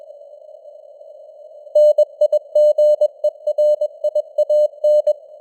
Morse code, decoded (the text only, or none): NIGERIAN